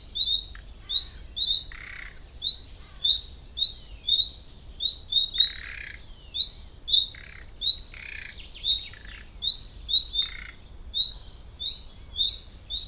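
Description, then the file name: Common nightingale calls: clipped, upswept whistles repeated briskly, now and then followed by rough, croaky churring notes. "Luscinia megarhynchos"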